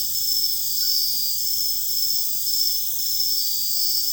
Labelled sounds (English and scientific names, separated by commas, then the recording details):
none
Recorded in dense forest near Puerto Asís, Putumayo, Colombia, on 21 February 2024 at 04:00
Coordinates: 0.485, -76.322
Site G6406